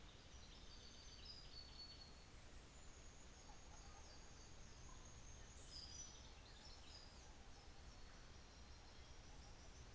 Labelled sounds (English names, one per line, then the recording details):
New Zealand Fantail
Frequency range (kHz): New Zealand Fantail 6.1-7.8 kHz
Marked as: faintness 4/5
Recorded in New Zealand on 24 December 2018
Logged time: 15:45